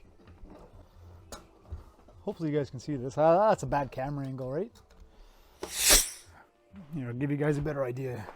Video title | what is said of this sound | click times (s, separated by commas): Dropping a Nearly FULL Fuel Tank - This JOB is Insane | until you hear a click. | 1.3 s